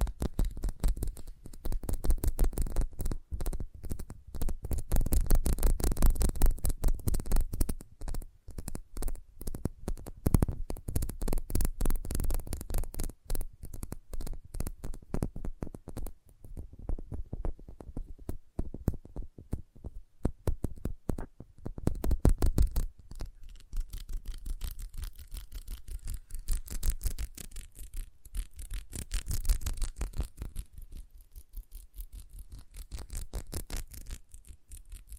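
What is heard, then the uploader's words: Rapid, dense tapping runs through the whole 35 seconds as a continuous crisp patter of tiny clicks. The busiest and fullest stretch comes in the first ten seconds. After about sixteen seconds it thins and softens, with brief denser bursts around 22 and 30 seconds. ASMR Sensitive Tapping (No Talking).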